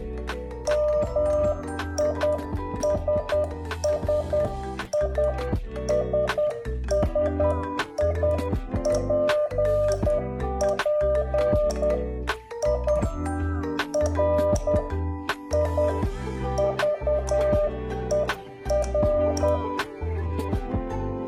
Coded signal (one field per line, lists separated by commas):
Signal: Morse code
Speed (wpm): 10 wpm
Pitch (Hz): 600 Hz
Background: music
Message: MISSISSIPPI RIVER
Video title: Let's enjoy Morse code! #モールス #morse #モールス信号 #morsecode